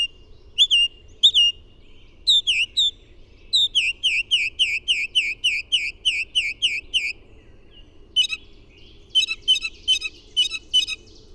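Bird song: a few whistled notes, then a long quick run of repeated slurred notes, then several rapid buzzy, clicking bursts.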